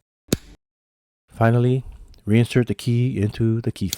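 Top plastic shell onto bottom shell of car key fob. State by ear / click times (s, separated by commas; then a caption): seated / 0.3 s. The top plastic half of a Toyota RAV4 key fob is pressed onto the bottom half and snaps together with one sharp click at 0.3 s, seating the case. After a brief silence, someone talks.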